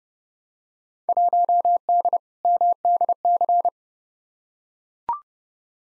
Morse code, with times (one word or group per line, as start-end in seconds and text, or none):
1.1-2.2 1D
2.5-3.7 MDC